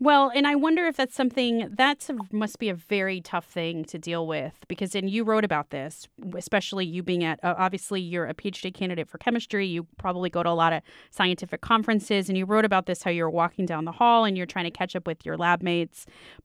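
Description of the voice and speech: An adult interviewer asks a question in clear, fluent conversational speech with steady voicing and natural pauses.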